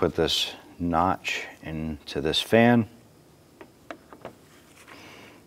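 On a 2004–2008 Acura TL during a radiator replacement, the lower pin and notch of a plastic bracket are being fitted into the radiator fan assembly. Someone talks for the first three seconds, then a few faint, sharp handling taps come at about 3.6, 3.9, 4.1 and 4.3 seconds over a quiet background. Nothing has seated or clicked into place yet.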